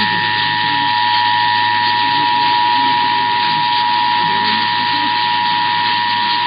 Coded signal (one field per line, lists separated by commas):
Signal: Emergency Alert System (SAME) tones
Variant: 853 and 960 Hz attention tone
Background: speech